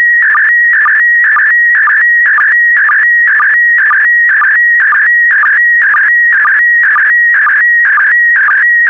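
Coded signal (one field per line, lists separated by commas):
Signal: SSTV (slow-scan television)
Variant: PD120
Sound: warbling, buzzing tone around 2 kHz with a regular ticking pulse twice a second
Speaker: three two one so so so so so transmission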